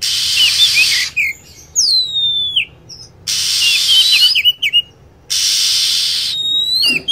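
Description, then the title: Lovebird calls, with long falling whistles and chirps set between three bursts of rough, hiss-like screeching. Lure recording used to attract lovebirds. "PIKAT BURUNG LOVEBIRD"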